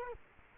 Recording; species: mosquito wingbeat signal from an infrared sensor; Culex quinquefasciatus